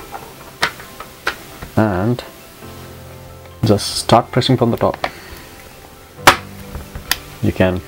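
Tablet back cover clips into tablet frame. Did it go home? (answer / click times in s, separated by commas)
yes / 6.3 s, 7.1 s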